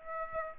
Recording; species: mosquito wingbeat signal from an infrared sensor; Aedes aegypti